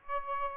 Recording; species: mosquito wingbeat signal from an infrared sensor; Aedes albopictus